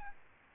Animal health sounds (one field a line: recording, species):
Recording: mosquito wingbeat signal from an infrared sensor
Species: Aedes albopictus